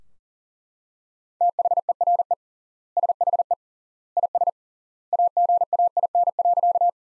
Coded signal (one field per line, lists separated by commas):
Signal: Morse code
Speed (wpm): 40 wpm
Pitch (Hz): 700 Hz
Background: none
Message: THERE SHE IS AGAIN.